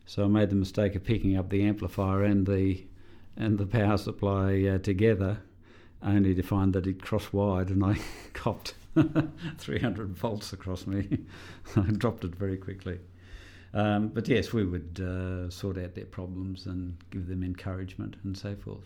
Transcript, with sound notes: So I made the mistake of picking up the amplifier and the power supply together only to find that he’d crossed wired and I copped [laughs] three hundred volts across me. I dropped it very quickly. But, yes we would sort out their problems and give them encouragement and so forth.